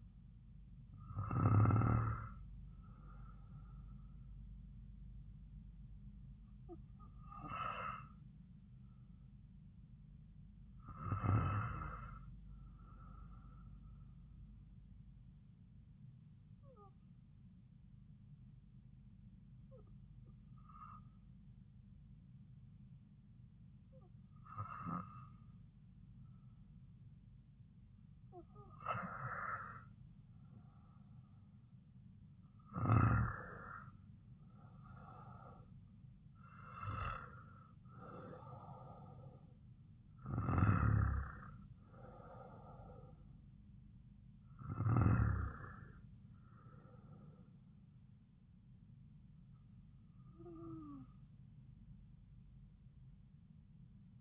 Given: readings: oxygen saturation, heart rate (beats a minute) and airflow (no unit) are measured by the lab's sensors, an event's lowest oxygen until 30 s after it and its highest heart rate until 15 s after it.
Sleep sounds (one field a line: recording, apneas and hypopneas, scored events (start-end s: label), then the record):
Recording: breathing in sleep by a smartphone at the bedside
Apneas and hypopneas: 1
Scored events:
15.00-33.00 s: hypopnea (REM, oxygen 95% highest, then 91% lowest)
From the record:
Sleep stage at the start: REM sleep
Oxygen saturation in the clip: 91 to 95%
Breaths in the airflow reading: 11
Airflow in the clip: -6.8 to 4.9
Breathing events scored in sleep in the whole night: 270 in 6.1 hours asleep